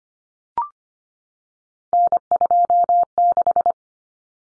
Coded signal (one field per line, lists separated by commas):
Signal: Morse code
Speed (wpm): 25 wpm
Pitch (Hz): 700 Hz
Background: none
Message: N26